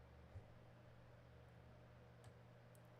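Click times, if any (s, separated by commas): none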